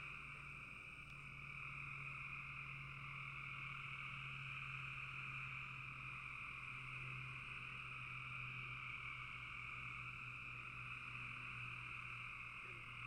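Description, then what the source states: Frogs trilling together in a continuous chorus, with a deeper steady hum running low beneath the high rasping calls for most. Frogs in a bog.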